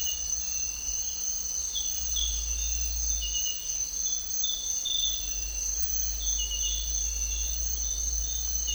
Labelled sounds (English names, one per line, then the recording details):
none
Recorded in dense forest near Puerto Asís, Putumayo, Colombia, on 21 March 2025 at 06:00
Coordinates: 0.499, -76.324
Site GP03